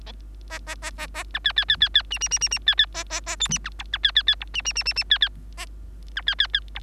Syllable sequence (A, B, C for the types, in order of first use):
A A A A A B C C C C C D D D D D C C A A A E D B F B C C C F D D D D D C C A B C C C F